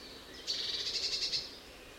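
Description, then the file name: Eurasian blue tit giving a high, rapid trill of repeated thin notes lasting about one second, over quiet background hiss. "Cyanistes caeruleus"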